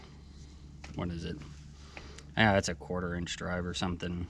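A quarter-inch quick-change bit adapter is handled at the chuck of a cordless impact driver while someone talks. A few brief handling taps are heard around 0.8, 2.0 and 2.2 seconds. The clip ends before the adapter goes home, so nothing has seated or clicked yet.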